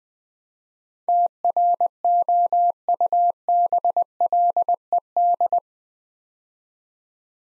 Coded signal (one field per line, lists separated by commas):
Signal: Morse code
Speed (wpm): 20 wpm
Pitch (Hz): 700 Hz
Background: none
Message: TROUBLED